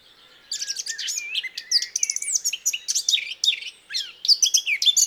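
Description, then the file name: Eurasian blackcap song: a rapid, continuous warble of scratchy chatter mixed with clear fluty notes, running almost without pause after a brief quiet start. "Sylvia atricapilla"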